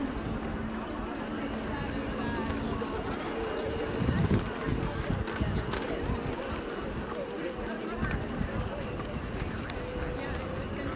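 Crowds of people go about their activities at Tempelhofer Freiheit in Berlin, a steady murmur of overlapping voices with scattered clicks and brief louder moments.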